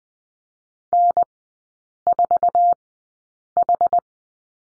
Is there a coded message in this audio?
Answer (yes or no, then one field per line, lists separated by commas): yes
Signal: Morse code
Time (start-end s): 0.9-4.0 s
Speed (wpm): 20 wpm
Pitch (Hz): 700 Hz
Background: none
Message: N4H